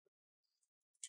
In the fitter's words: and open up the jack slide it under the meat hold it and lock it down the